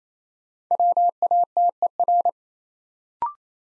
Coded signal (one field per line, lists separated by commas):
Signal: Morse code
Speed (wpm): 28 wpm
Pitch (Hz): 700 Hz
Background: none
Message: WATER